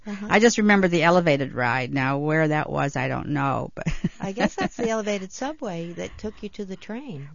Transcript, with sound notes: I just remember the elevated ride. Now, where that was, I don't know. (She laughs)
I guess that's the elevated subway that took you to the train.